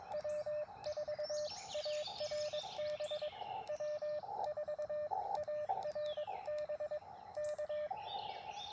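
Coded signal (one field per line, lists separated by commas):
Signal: Morse code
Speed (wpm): 22 wpm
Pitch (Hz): 600 Hz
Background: radio noise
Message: W4ARB W4ARB K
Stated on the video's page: QRP CW Parks on the Air activation in early morning, Elecraft KX2 keyed with BaMaKeY TP-III paddles, Chameleon MPAS Lite antenna.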